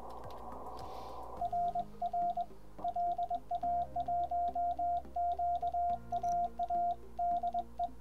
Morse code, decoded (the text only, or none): RR LA1QAA DE